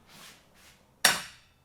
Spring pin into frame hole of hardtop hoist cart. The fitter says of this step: I can hear that click into place and I know that that that